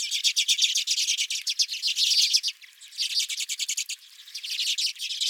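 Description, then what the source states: Redpolls calling, a dense stream of rapid, dry chattering chips, with a brief lull just before the middle. Redpolls at the recordist's feeder.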